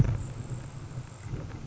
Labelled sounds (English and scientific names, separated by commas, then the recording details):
Grasshopper Sparrow (Ammodramus savannarum)
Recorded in Sonoma County, California